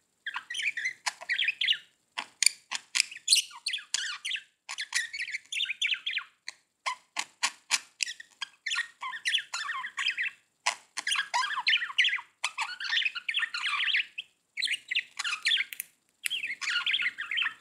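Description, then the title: Budgerigar warbling chatter, a continuous stream of rapid squeaky chirps, clicks and buzzy notes, high-pitched and busy, with only brief pauses throughout. "Budgie Sounds"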